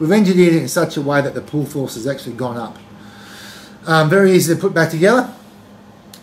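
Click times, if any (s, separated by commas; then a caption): 6.1 s. Someone talks, then the quick-release button of a Fuel chincup on a helmet chin strap is pushed back into the ladder strap. It gives a short, sharp click at 6.1 s as it seats.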